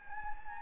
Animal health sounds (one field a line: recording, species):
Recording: mosquito wingbeat signal from an infrared sensor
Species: Anopheles gambiae